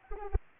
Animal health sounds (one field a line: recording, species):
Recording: mosquito wingbeat signal from an infrared sensor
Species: Anopheles arabiensis